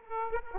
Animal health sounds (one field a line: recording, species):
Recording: mosquito wingbeat signal from an infrared sensor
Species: Aedes aegypti